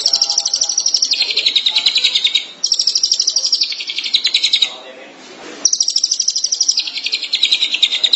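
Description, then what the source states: Long-tailed Shrike song: three long runs of rapid buzzy chattering, separated by short pauses, the notes dense and high. Dated March 2017.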